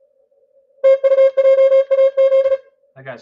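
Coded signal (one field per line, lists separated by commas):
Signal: Morse code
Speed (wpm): 38 wpm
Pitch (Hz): 540 Hz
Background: speech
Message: TU JA Z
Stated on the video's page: ARRL International DX Contest CW traffic.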